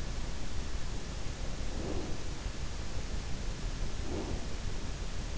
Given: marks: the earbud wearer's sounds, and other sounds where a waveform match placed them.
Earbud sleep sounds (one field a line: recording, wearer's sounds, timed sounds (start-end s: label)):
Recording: sounds in sleep by an in-ear microphone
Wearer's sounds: breath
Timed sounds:
1.33-1.98 s: breath
3.93-4.39 s: breath